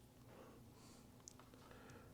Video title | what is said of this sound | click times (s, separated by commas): iCrimp by Iwiss Tool Review | that in till it clicks | 1.3 s